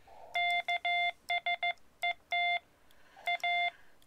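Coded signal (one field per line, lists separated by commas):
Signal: Morse code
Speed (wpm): 14 wpm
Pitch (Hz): 2100 Hz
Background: none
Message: KSET A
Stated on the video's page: POTA activation in Morse code from a BLM recreation area using a Xiegu X-6100.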